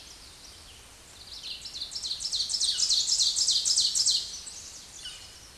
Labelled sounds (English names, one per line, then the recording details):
Ovenbird song
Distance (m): 5 m
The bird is about level with the microphone
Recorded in a Pennsylvania forest on 16 May 2024 at 07:54
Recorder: AudioMoth, point MSD-0475
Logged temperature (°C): 12.3 °C
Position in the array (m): 149 m, 2 m